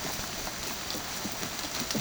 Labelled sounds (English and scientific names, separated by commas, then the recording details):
none
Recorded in pastures near Puerto Asís, Putumayo, Colombia, on 30 June 2025 at 16:30
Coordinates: 0.472, -76.331
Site G095